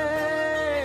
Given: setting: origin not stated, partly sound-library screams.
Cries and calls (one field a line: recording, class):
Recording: one-second piece from a danger detection set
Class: normal situation